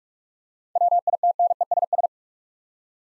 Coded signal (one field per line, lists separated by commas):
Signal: Morse code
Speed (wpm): 46 wpm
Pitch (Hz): 700 Hz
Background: none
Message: WITNESS